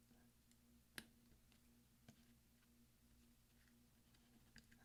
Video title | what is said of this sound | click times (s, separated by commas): DOWN ARROW Key Replace mid-2010 13 inch Macbook Pro 1278 2.66 GHz MC375 Type J | you'll use your finger to push down on it until you hear its click in | 1.0 s